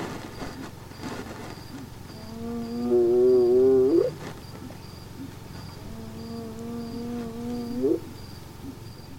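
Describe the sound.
Hyena whooping: two long, low wavering calls, each ending in a sharp upward sweep, with rhythmic insect chirps behind.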